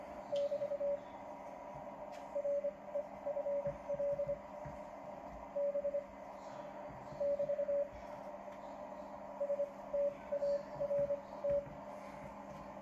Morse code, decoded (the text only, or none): <BT> REFL B <BT> START